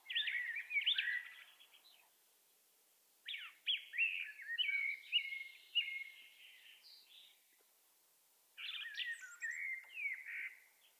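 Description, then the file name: Common blackbird delivering three separate warbled song phrases with pauses between, with some scratchy higher notes; little else audible. "Turdus merula"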